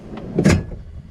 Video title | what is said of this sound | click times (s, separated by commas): Escapade Backcountry X walk-around | That locks into place in and out. | 0.2 s, 0.4 s